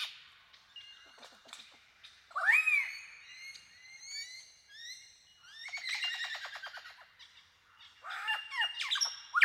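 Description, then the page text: Superb lyrebird song with rich mixed phrases: a loud rising slur, a run of short even notes, a fast rattling trill, and harsh squeaky calls at the close. "Большая птица-лира - Superb Lyrebird (Menura novaehollandiae)"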